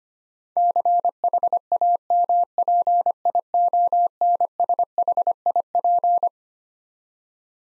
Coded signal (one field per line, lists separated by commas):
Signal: Morse code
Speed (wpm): 25 wpm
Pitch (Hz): 700 Hz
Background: none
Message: CHAMPIONSHIP